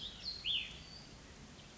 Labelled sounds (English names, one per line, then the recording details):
Cassin's Vireo
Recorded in Sonoma County, California